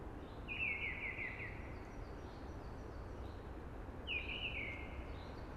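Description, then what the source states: Eurasian blackbird song: two short descending warbled phrases a few seconds apart, over a steady hushing background noise. Sung early, among conifers with a hushing sound.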